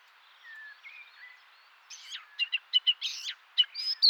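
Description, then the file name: Eurasian blackcap song, faint thin whistles at first, then a burst of sharp high chattering notes at the end. "Sylvia atricapilla"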